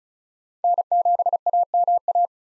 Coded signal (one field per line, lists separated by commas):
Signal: Morse code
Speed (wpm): 36 wpm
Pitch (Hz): 700 Hz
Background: none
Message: N7AMA